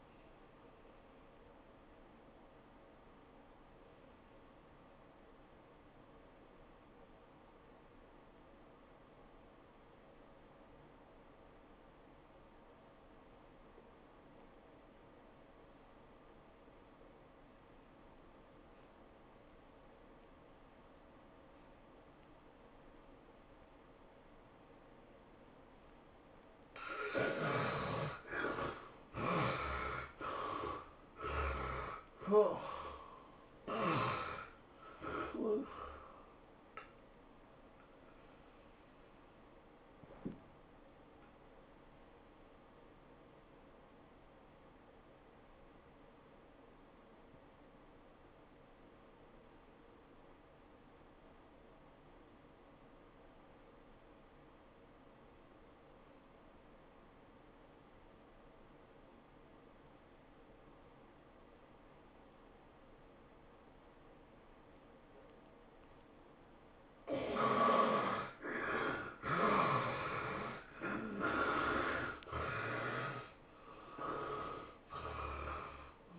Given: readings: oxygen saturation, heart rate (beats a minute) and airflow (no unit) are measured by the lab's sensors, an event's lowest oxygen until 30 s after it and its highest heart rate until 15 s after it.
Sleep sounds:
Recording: breathing in sleep by a voice recorder at the bedside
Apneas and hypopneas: 2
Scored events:
4.00-28.40 s: obstructive apnea (N2, oxygen 97% highest, then 71% lowest, heart rate 91 at the start, 104 highest)
18.00-48.00 s: new sleep stage, N1 (lightest sleep)
48.00-76.19 s: new sleep stage, N2 (light sleep)
49.00-67.10 s: obstructive apnea (N2, oxygen 95% highest, then 69% lowest, heart rate 80 at the start, 105 highest)
From the record:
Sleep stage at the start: N2 (light sleep)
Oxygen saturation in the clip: 71 to 97%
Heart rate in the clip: 71 to 104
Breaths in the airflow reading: 9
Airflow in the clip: -21.1 to 12.6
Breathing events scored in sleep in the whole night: 403 in 5.5 hours asleep

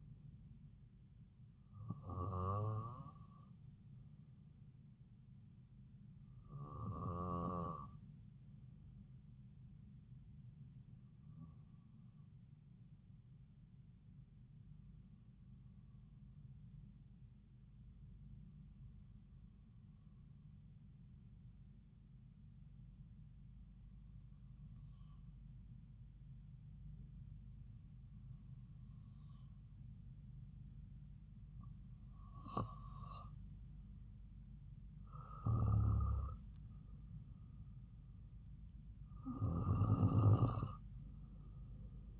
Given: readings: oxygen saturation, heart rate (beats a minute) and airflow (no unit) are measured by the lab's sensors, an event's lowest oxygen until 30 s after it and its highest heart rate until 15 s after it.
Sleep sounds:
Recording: breathing in sleep by a smartphone at the bedside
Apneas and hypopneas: 1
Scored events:
8.00-37.70 s: hypopnea (N2, oxygen 96% highest, then 93% lowest)
From the record:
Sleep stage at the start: N2 (light sleep)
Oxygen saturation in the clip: 93 to 96%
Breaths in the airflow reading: 10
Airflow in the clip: -4.3 to 3.6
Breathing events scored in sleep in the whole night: 270 in 6.1 hours asleep

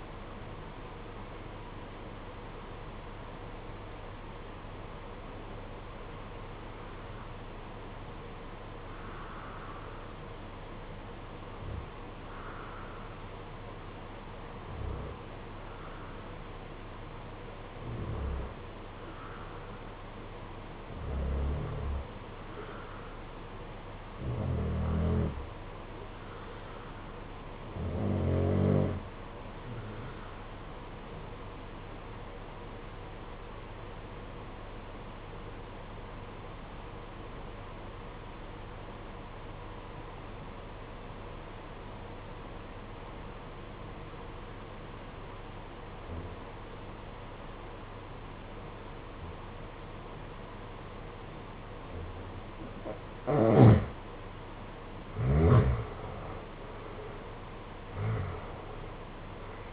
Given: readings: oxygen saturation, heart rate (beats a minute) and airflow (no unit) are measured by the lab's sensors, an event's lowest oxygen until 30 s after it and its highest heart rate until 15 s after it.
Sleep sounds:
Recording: breathing in sleep by a voice recorder at the bedside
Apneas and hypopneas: 1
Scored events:
29.00-55.40 s: obstructive apnea (REM, oxygen 94% highest, then 76% lowest, heart rate 64 at the start, 80 highest)
From the record:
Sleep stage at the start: REM sleep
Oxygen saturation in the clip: 66 to 95%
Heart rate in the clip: 59 to 88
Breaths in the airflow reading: 12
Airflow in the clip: -13.3 to 11.5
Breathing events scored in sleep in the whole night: 476 in 9.7 hours asleep

